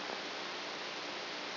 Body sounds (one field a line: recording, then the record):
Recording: brain microelectrode recording played as sound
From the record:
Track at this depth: outside the subthalamic nucleus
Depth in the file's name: 6.501 mm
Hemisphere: right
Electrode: 2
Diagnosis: Parkinson's disease